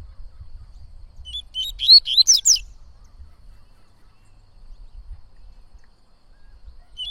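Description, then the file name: Coleiro-baiano giving one brief phrase of quick, clear whistles over a faint low hum, with a single soft note at the very end. Singing a lot; tui-tui song style. "Coleiro Baiano Cantando Muito Canto Tui Tui"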